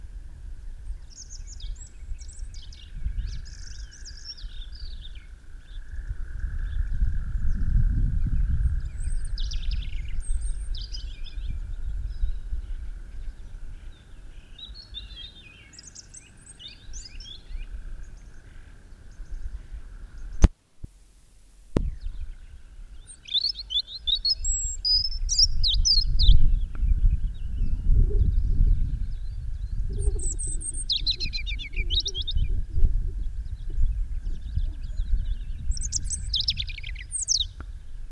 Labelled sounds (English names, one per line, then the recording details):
European Robin song
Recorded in the wild
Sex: male
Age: adult
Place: Röttenbach, Bayern, DE
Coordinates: 49.6633, 10.9539
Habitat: forest
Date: 1962-04-18
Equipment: Stellavox SM 5, Original, Vollspur, hochgestelltes Mikrofon
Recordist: Tretzel, Erwin
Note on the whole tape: Hintere Mark, Rote Marter: Rotkehlchen (Wipfelsänger)